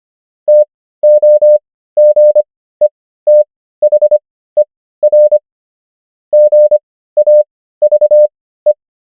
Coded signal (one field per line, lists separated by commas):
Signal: Morse code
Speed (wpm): 25 wpm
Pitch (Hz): 600 Hz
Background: none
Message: TOGETHER GAVE